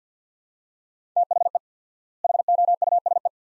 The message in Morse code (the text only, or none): THE HOUSE